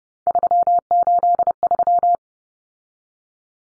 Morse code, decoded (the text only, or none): 383